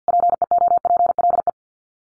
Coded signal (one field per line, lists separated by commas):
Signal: Morse code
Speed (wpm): 50 wpm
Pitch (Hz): 700 Hz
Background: none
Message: PEOPLE